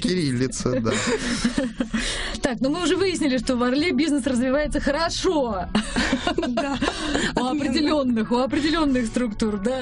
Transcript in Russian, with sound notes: Кириллица, да.
Так. Ну мы уже выяснили, что в Орле бизнес развивается хорошо! (смеется) У определенных структур.